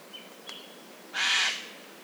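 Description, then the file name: A Eurasian jay lets out a single harsh, hoarse screech after a faint thin whistle from another bird. "Garrulus glandarius"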